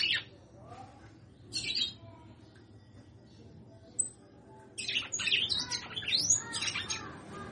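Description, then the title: Red-cowled cardinal song, scattered chirps then a busy run of varied whistled and chirping notes toward the end, over a low hum. Female singing a lot. "Canto Galo Campina Fêmea. Fêmea de Galo de campina cantando muito"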